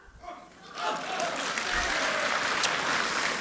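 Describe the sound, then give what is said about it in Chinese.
An audience bursts into steady applause as encouragement for a performer, dense and even clapping that swells within the first second and stays loud to the end, with a brief trace of a voice at the start. “您刚才说那个啊，说出了比您那清楚，比您那利索，还得让观众朋友发自肺腑的给掌声鼓励。”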